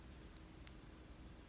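A stainless steel roller top on the neck of an essential oil bottle is levered forward using the loosely fitted black lid, like popping a bottle cap. A faint tick at 0.4 s is followed by a small, sharp click at 0.7 s over a steady low hum. The roller top pops loose, leaving a gap.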